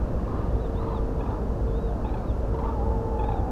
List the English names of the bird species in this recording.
Common Crane, Tawny Owl